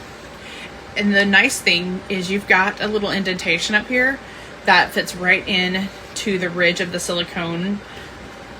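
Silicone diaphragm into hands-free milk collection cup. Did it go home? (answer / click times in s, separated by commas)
no / none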